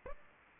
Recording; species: mosquito wingbeat signal from an infrared sensor; Aedes aegypti